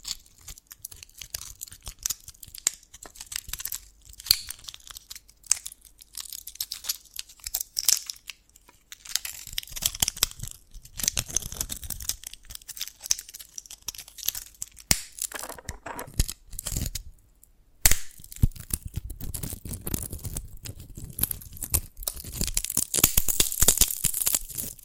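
Dalgona candy being tapped and cracked: dense, irregular crisp clicks and crunches throughout, with brief silences near 9, 16 and 18 seconds.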